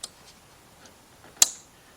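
A quick-connect fuel line connector is pushed further down onto its fuel fitting on a Lexus LS460 / GS460 / LS400h during a right side valve cover gasket replacement, after it was found not fully home. A faint tick sounds at 0.0 s, then a sharp, loud snap at 1.4 s as the connector clicks into place and seats.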